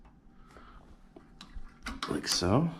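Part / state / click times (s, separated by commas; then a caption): linkage spring into the carburetor throttle linkage arm / seated / 1.4 s. While refitting the carburetor linkage on a Honda GX390 engine, a small metal governor spring is stretched and hooked onto the carburetor throttle linkage arm. It pops into place with a sharp, short click at 1.4 s, seating the spring, and then someone talks.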